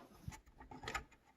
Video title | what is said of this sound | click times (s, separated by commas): 2020: How to Build a Computer -How to Install a Power Supply PSU (performed inside and outside case) | hear the snap it's in there nice and nice and tight | 0.7 s